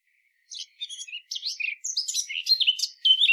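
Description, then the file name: Eurasian blackcap song, a hurried jumble of scratchy chirps and clear whistled notes after a brief silence at the start. "Sylvia atricapilla"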